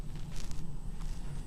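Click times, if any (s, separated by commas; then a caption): none. A small metal jump ring is handled with pliers as it is closed into a chain mail link. Soft handling noise runs over a low steady hum, with brief faint ticks near 0.4 and 0.5 seconds. The ring has not clicked closed or seated yet by the end of the clip.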